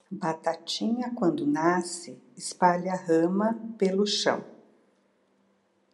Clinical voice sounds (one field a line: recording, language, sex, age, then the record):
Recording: short text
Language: Brazilian Portuguese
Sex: female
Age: 60 to 69 years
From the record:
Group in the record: control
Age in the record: 62 years